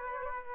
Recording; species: mosquito wingbeat signal from an infrared sensor; Aedes aegypti